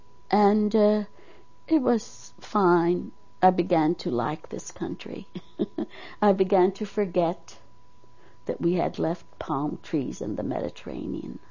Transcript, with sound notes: and, uh, it was fine. I began to like this country. ( she laughs ) I began to forget that we had left palm trees and the Mediterranean.